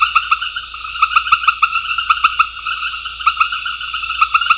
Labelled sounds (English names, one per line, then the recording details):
none
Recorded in secondary vegetation near Puerto Asís, Putumayo, Colombia, on 4 March 2025 at 19:30
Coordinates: 0.498, -76.327
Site G001